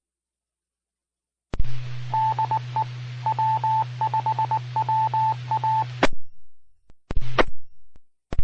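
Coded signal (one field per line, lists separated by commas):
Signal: Morse code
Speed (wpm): 19 wpm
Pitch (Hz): 880 Hz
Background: radio noise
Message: DE W5WA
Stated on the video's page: Repeater signal from Mississippi Gulf Coast repeaters.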